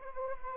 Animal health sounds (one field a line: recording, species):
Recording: mosquito wingbeat signal from an infrared sensor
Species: Anopheles arabiensis